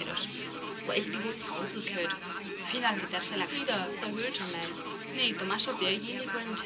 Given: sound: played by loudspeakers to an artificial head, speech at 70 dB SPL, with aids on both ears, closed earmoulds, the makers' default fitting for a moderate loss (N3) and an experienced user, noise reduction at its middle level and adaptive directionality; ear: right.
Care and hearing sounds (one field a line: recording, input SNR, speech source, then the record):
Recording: speech test signal (ISTS) in cocktail-party noise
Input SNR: -3 dB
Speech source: on the right (90 degrees)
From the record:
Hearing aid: class 2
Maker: E